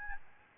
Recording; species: mosquito wingbeat signal from an infrared sensor; Aedes albopictus